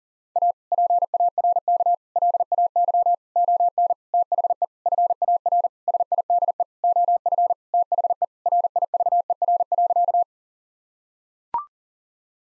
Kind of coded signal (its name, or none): Morse code